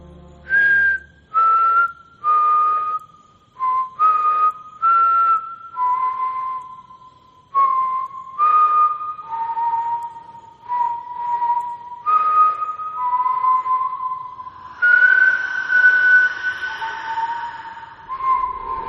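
A person whistles a slow, wavering tune of clear, pure notes, each held briefly before sliding to the next, the melody drifting up and down over a faint breathy background with no talking.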